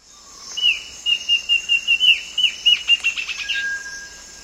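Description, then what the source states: Warbling antbird song: a quick series of about a dozen clear whistled notes near steady pitch, with a faint lower whistle before and after, over a constant high hiss. South America.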